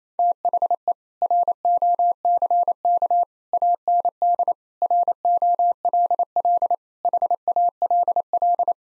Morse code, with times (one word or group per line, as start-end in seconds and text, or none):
0.2-0.9 THE
1.2-3.2 ROCK
3.5-4.5 AND
4.8-6.7 ROLL
7.0-8.7 HALL